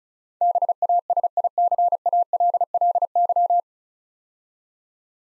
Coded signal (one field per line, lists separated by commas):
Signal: Morse code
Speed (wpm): 36 wpm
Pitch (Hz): 700 Hz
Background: none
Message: BASICALLY